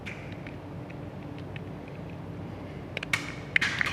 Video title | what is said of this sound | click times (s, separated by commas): Toyota 4Runner Kicker Plug & Play 5-Channel Amp & Down-fire Sub Kit - 2010 - 2024 Toyota 4Runner | There we go. It should lock into place like that. | 3.6 s